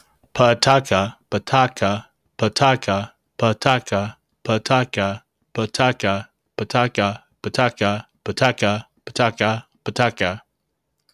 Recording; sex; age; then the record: repeated syllables /pa ta ka/; male; 40 to 49 years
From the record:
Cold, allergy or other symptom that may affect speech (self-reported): no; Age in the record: 42 years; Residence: Alabama, United States